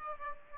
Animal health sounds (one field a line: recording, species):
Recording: mosquito wingbeat signal from an infrared sensor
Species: Aedes aegypti